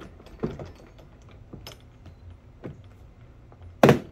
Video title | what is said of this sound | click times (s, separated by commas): Actual Owner Comparison & Review, Pakayak Bluefin 142 vs Oru Bay ST Head to Head | it's the next thing to go in you'll hear that snap into place | 3.8 s